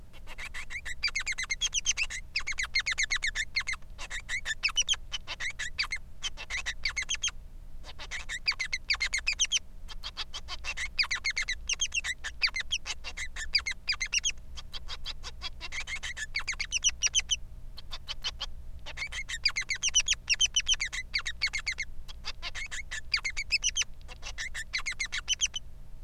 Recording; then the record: song of a male Bengalese finch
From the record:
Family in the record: son of father 3